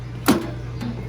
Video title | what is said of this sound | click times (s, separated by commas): 2020 Heartland Mallard M32 | you'll hear an audible click from this mechanism right here, | 0.3 s